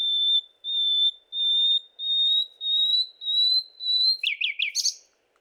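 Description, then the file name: Common nightingale song: a series of sustained pure whistles, then a few quick dipping notes and a sharp chatter at the end. "Luscinia megarhynchos"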